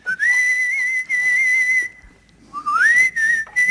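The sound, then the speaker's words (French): A person whistles two long phrases, mostly a steady high held note, pausing briefly before the second phrase slides upward into pitch. No talking. “Je ferme les yeux, je pense à Michel Blanc et tout d'un coup j'entends un bruit de remont de pente et je vous entends siffler.”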